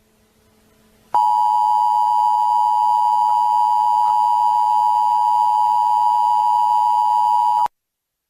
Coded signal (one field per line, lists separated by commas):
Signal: Emergency Alert System (SAME) tones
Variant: 853 and 960 Hz attention tone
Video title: Run EAS Scenario remake horror analog